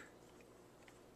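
A 2 GB laptop memory module, inserted at an angle into the SO-DIMM slot of a Toshiba Satellite P500, is pressed down until the side retaining clips snap over it. One soft, short click is heard at 0.9 s over a quiet background. The module is seated.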